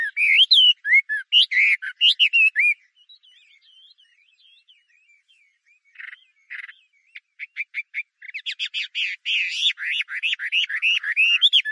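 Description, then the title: Chinese hwamei song: loud varied whistled phrases, a quieter gap with faint notes, then a rapid series of short notes leading into loud looping whistles again. "画眉鸟的叫声"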